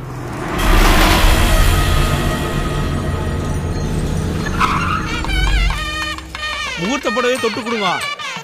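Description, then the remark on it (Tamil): The grandfather's car roars in loudly as it arrives, with a sustained screech of skidding tires, the engine rumbling throughout, and voices start talking over it toward the end. “தாத்தாவோட கார் வருதுங்க பார்.”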